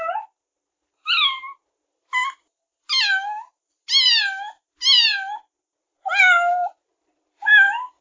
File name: Kitten meows